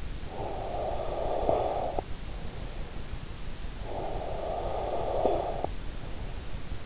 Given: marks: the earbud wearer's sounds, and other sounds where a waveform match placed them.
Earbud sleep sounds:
sounds in sleep by an in-ear microphone; snoring breath
0.00-2.34 s: snoring breath
3.44-5.98 s: snoring breath

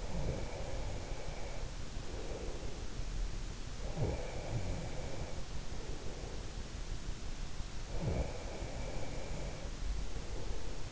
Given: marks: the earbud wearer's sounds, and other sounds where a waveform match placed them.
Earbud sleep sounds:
sounds in sleep by an in-ear microphone; breath
0.00-2.71 s: breath
3.91-6.43 s: breath
7.69-10.92 s: breath

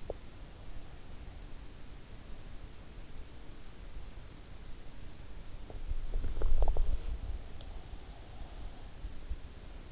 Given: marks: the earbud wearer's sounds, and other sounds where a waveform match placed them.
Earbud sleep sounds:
sounds in sleep by an in-ear microphone; teeth grinding
0.00-0.34 s: teeth grinding
5.16-7.49 s: teeth grinding

